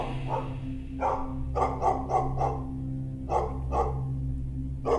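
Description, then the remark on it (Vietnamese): A black, red-eyed dog runs out of a house far away, growling and baring its teeth as it barks in loud, rapid bursts, a cluster of sharp barks followed by a pause and two more, over a low rumbling growl-like hum underneath. “Từ một ngôi nhà xa xa, một con chó đen mắt đỏ lòm lao ra, đứng gầm gừ nhe răng sủa ông ổng về bên này.”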